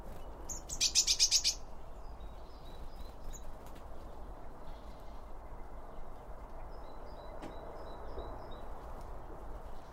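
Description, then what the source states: Bird giving a fast, loud, high rattling trill of rapid repeated notes near the start, then soft chirps over low steady noise. Birds around a bird feeder, recorded with two Line Audio OM1 microphones.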